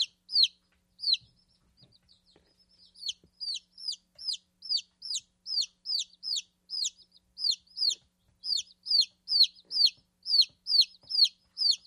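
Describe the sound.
Chicken peeping: high, thin, downward-sliding peeps, a few scattered at first, then repeated steadily about two or three times per second; no other clear sounds.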